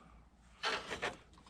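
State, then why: Not seated. A headlight bulb with its wiring harness attached is handled and pushed back up toward the plastic headlight housing of a 94-97 GMC Sonoma. Two broad rubbing, scraping bursts are heard at about 0.6–0.8 s and 1.0–1.1 s, followed by a faint short tick near 1.3 s. Nothing has seated or clicked yet.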